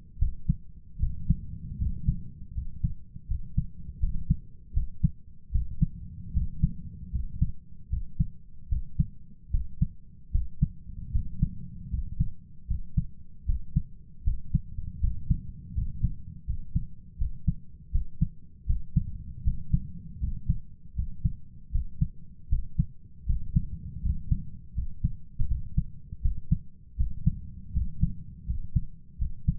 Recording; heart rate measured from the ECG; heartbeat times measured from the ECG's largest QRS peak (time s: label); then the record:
heart sounds by stethoscope; 79 bpm
0.17 s: heartbeat
0.98 s: heartbeat
1.77 s: heartbeat
2.53 s: heartbeat
3.26 s: heartbeat
3.98 s: heartbeat
4.72 s: heartbeat
5.50 s: heartbeat
6.32 s: heartbeat
7.10 s: heartbeat
7.88 s: heartbeat
8.67 s: heartbeat
9.50 s: heartbeat
10.30 s: heartbeat
11.11 s: heartbeat
11.89 s: heartbeat
12.66 s: heartbeat
13.44 s: heartbeat
14.23 s: heartbeat
14.99 s: heartbeat
15.73 s: heartbeat
16.45 s: heartbeat
17.17 s: heartbeat
17.90 s: heartbeat
18.65 s: heartbeat
19.43 s: heartbeat
20.19 s: heartbeat
20.94 s: heartbeat
21.70 s: heartbeat
22.48 s: heartbeat
23.25 s: heartbeat
24.01 s: heartbeat
24.73 s: heartbeat
25.46 s: heartbeat
26.20 s: heartbeat
26.96 s: heartbeat
27.72 s: heartbeat
28.45 s: heartbeat
29.17 s: heartbeat
From the record:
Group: healthy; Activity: cold pressor test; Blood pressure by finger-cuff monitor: 110/74 mmHg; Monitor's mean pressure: 82 mmHg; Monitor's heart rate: 78 bpm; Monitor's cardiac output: 6.7 L/min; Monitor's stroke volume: 87 mL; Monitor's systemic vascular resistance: 890 dyn s/cm5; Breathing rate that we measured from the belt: 14 breaths a minute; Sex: male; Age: 23 years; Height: 178 cm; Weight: 96.6 kg